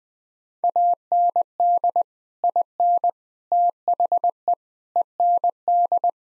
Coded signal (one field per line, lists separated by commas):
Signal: Morse code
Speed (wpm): 20 wpm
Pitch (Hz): 700 Hz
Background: none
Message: AND IN THE END